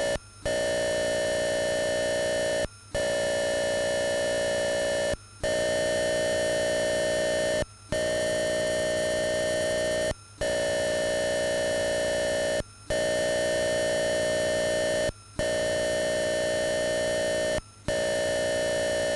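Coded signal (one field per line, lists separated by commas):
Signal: computer data on cassette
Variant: Atari 8-bit cassette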